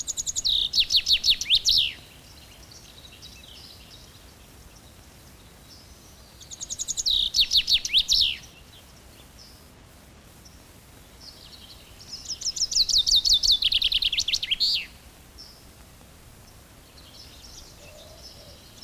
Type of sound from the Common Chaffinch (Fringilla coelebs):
song